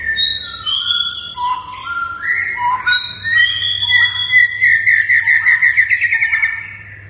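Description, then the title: White-rumped shama song: clear varied whistles stepping between pitches, building to a fast, rolling series of repeated bright notes; steady low hum behind. Lure recording meant to prompt shamas to respond and sing; bird described as gacor, singing actively and persistently. "PANCINGAN MURAI BATU GACOR"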